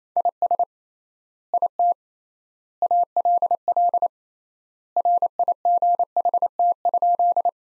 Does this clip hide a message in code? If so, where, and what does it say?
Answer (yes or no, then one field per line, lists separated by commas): yes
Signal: Morse code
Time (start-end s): 0.2-7.5 s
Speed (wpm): 28 wpm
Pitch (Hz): 700 Hz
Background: none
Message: IS IT ALL RIGHT?